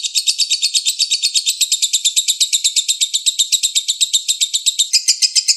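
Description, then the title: Oriental magpie-robin song as a rapid, steady chatter of many bright chirps, with a brief change of tone near the end. Long-duration chirping song, over one hour. "Kicau Kacer Durasi Panjang 1jam Lebih"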